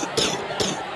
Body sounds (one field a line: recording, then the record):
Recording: coughing mixed with background sound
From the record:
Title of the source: Wet coughing